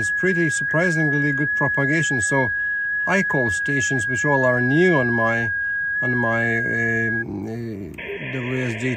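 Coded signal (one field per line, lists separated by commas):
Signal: FT8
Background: speech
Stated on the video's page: FT8 park activation run outdoors on an Icom IC-705, portable, with RF feedback trouble.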